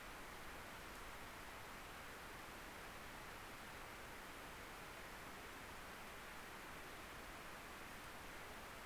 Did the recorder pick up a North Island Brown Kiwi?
no